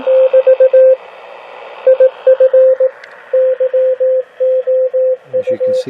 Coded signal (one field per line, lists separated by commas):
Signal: Morse code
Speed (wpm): 18 wpm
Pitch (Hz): 510 Hz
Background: radio noise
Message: <BT> IF YOU